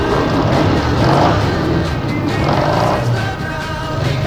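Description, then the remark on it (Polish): A loud motorcycle engine of a rocker's motorbike in Essex roars steadily, its throaty rumble swelling and easing slightly as it revs, with no voices over it. “Kiedy zeszli ze swoich motorów, zapytałem ich o motyw.”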